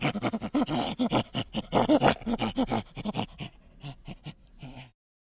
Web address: chimpanzee